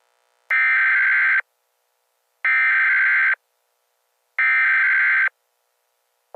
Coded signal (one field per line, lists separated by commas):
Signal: Emergency Alert System (SAME) tones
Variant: header bursts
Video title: DDLC Revolution - An EAS Scenario